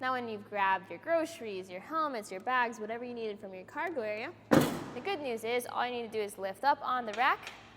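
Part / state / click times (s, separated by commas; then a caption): bike rack arm pivot latch on hitch shank / not seated / none. Someone talks while a tilted-away Benton ShiftShow 4 hitch bike rack is handled and lifted up toward its upright position on the hitch shank, with a brief broadband burst around 4.5 s. The clip ends before the arm's pivot latch engages, so nothing has seated or clicked yet.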